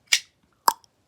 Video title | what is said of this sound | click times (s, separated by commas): Two Sun TS262: Full Review!! | and it makes a great sound you guys hear that hollow click that hollow-ish little | 0.1 s, 0.7 s